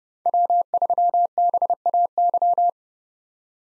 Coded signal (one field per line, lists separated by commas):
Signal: Morse code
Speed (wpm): 30 wpm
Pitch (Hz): 700 Hz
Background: none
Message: W3BAY